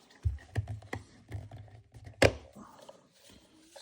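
The line spool, spring and cover of a string trimmer head, a Vitels spool, are put back together, with several short plastic knocks and taps along the way. A sharp, loud click at 2.3 s marks the cover snapping into place, and everything is seated.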